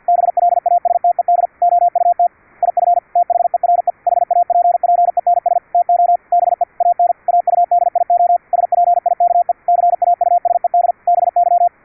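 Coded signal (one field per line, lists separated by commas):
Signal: Morse code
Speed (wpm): 50 wpm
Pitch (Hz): 700 Hz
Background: radio noise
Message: BLASTED OUT IF THERE HAPPENS TO BE AN AUDIO SPIKE CAUSED BY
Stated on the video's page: CW sent over internet on a Mumble server at simulated 10 kHz VLF, received with QUISK SDR using adjustable pitch, AGC and CW bandpass filters.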